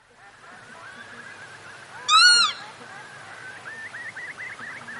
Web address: northern lapwing